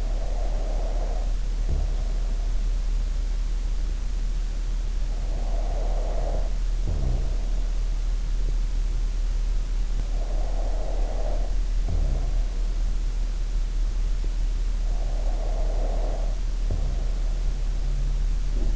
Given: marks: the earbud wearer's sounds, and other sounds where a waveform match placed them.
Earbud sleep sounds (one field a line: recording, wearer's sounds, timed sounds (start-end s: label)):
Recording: sounds in sleep by an in-ear microphone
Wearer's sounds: snoring breath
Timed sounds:
0.00-2.71 s: snoring breath
5.36-8.19 s: snoring breath
10.00-13.13 s: snoring breath
14.71-17.36 s: snoring breath
18.40-18.76 s: sound from someone else or the room